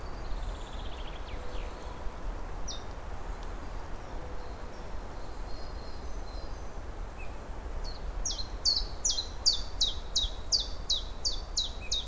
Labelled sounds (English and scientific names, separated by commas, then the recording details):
Common Chiffchaff (Phylloscopus collybita) song
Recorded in the wild
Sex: male
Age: adult
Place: Waldsieversdorf, Rotes Luch, Brandenburg, DE
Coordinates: 52.5342, 14.0747
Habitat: wood
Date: 1992-04-25 14:33
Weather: fair, 23°C in the shade
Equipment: Aiwa HD-S1, Sennheiser ME 80
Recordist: Frommolt, Karl-Heinz